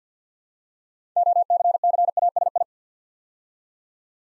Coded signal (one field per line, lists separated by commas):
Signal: Morse code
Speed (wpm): 50 wpm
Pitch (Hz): 700 Hz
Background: none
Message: OCCASI